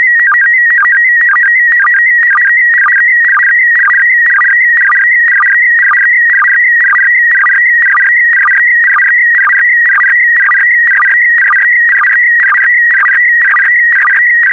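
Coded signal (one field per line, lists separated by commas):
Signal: SSTV (slow-scan television)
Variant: PD120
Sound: warbling, stepping electronic tone with a rapid regular chirpy rhythm about twice per second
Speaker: complete you can now check your decoded image against the picture that is shown on the video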